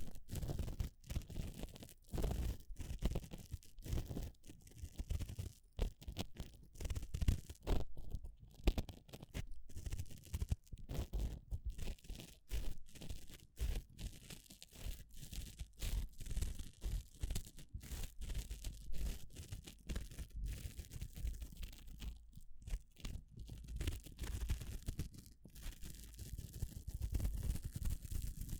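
Gloves rubbing and crinkling in a continuous, busy stream of scratchy friction, broken by frequent brief gaps and irregular louder crunches throughout.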